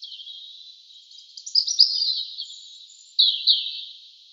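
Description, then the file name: European robin song: rapid, varied high warbling phrases, with a short pause and then a second sweet twittering burst. "Erithacus rubecula"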